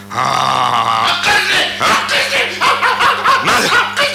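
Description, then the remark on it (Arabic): Several vicious dogs bark and snarl aggressively in rapid, overlapping bursts, loud and continuous throughout, with harsh yelps and growls in a frantic, attacking rhythm, as they try to kill the horse Boxer. “لقد حاولت الكلاب المفترسة قتلي، ولكن استطعت التغلب علي.”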